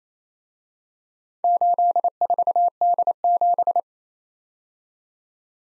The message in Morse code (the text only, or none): 84D7